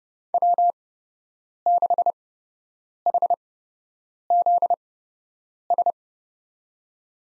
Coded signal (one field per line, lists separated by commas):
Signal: Morse code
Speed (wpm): 28 wpm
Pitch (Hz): 700 Hz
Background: none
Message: W6HZS